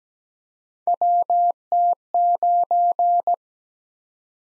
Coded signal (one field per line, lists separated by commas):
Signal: Morse code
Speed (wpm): 17 wpm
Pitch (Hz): 700 Hz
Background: none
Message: WT9